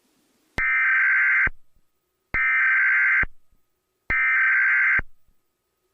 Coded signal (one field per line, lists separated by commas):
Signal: Emergency Alert System (SAME) tones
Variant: header bursts